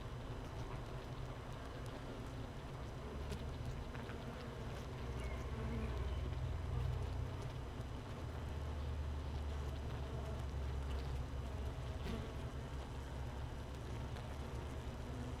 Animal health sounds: honeybee colony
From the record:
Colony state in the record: missing queen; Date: 31 May 2018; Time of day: 15:08

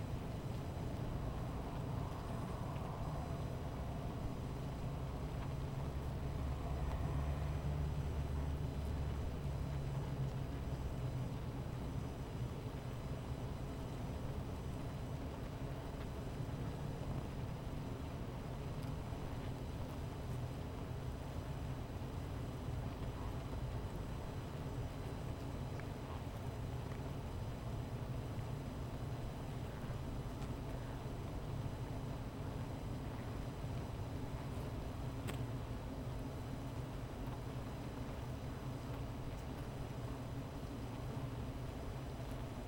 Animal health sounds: honeybee colony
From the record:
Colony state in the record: missing queen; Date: 14 July 2017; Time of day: 16:02

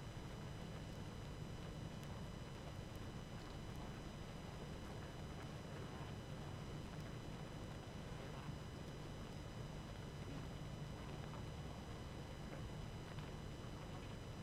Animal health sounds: honeybee colony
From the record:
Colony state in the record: active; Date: 12 June 2018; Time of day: 21:02

